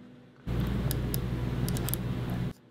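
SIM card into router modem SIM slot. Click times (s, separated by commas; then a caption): 1.9 s. A SIM card is pushed into slot B of the second modem in a cellular router, middle part up and tag going in. A steady low rumble starts at about 0.5 s, and several small sharp ticks follow before the card clicks into the slot at 1.9 s. The card is seated.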